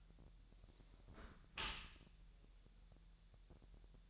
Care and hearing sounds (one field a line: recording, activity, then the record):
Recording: daily activity, microphone in the room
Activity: close dishwasher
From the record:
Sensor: 3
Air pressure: 1000.6 hPa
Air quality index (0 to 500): 248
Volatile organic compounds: 171 ppm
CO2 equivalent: 4109 ppm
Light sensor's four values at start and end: 11/26/11/10 and 11/26/11/10